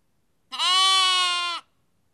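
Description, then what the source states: Sheep: lamb calling with one loud, sustained bleat of about a second, evenly pitched and rich in harmonics, in silence. Lamb; Kakopetria, Cyprus.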